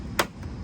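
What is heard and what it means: A plastic rear bumper reflector is pressed into the bumper opening of a 2018–2022 Honda Accord, held by only one clip because the bottom is broken. A single sharp snap is heard at 0.2 s, followed by a much fainter tick at 0.4 s over a low background rumble. The reflector is seated.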